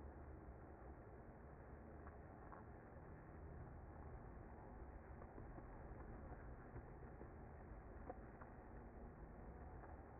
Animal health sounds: honeybee colony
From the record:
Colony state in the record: active

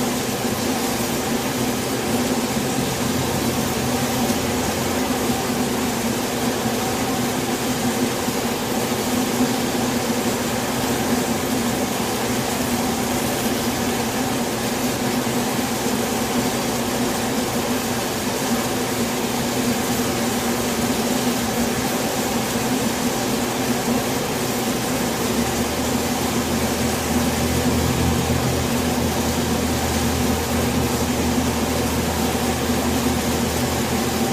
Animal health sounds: honeybee colony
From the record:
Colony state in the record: swarm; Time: day

